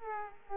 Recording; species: mosquito wingbeat signal from an infrared sensor; Aedes aegypti